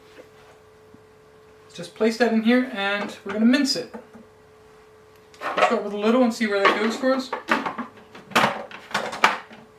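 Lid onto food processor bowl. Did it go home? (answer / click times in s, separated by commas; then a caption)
yes / 9.2 s. Someone talks, then the plastic lid is fitted onto a Homtone CY-361A food processor bowl holding pork cubes, with a few sharp plastic knocks around 8.2–9.0 s. The lid is twisted until it locks into place with a click at 9.2 s.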